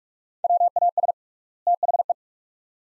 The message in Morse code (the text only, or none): WAS THE